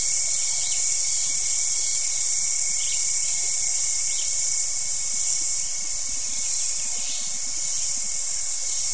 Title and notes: as Cicadas bring an end to the day